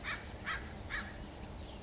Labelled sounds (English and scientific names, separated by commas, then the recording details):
Acorn Woodpecker (Melanerpes formicivorus)
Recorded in Sonoma County, California